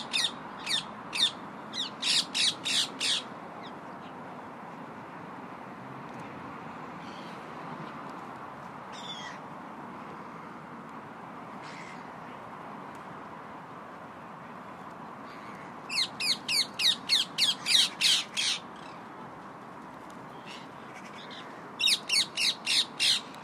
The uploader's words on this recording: A bunch of parakeets were settling down for the night in Victoria Park this evening.